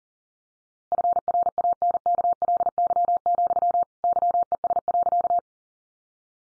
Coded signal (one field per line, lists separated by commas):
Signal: Morse code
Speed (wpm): 40 wpm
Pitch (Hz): 700 Hz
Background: none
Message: FRANKLY, YES.